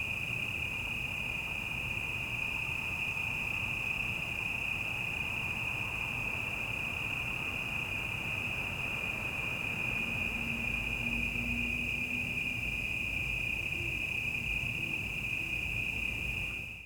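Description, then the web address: Cicadas droning in one unbroken high tone over a low rumble of traffic. Quieter city ambience at night and evening, cicadas with distant traffic; 5.1 surround recording. "City Night Evening Ambience, Quieter, Cicadas, Distant Traffic. GDC 2019-Game Audio Bundle 2496 Sound Effects - Surround in The Night"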